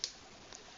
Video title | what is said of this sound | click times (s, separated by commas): Contax RTS II Quartz | and click into place | 0.0 s